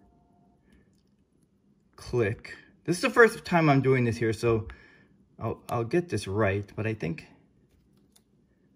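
Someone talks while the dial module of a Swiss-made Thomas Funder Måne modular watch is popped back into its titanium case and turned clockwise about six degrees. A short, faint click at 8.2 s marks the module locking into place in the case.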